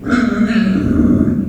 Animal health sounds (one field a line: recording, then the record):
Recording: squeal of a Yucatan mini pig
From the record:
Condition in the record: after surgery on the right vocal fold (resection and tissue-engineered implant)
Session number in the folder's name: 6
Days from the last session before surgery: 40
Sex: female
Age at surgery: 19 weeks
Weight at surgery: 25 kg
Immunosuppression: prednisolone